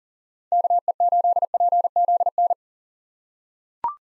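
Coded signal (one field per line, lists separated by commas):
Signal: Morse code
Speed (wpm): 40 wpm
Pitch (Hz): 700 Hz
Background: none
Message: KE8PZN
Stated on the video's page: Morse code callsign drill of common POTA activator callsigns at 40 wpm, each sent, then spoken, then sent again for head-copy practice.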